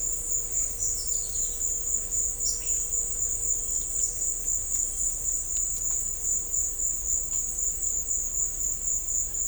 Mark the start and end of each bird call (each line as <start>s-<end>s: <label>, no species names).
0.78s-1.63s: bird call
2.40s-2.57s: bird call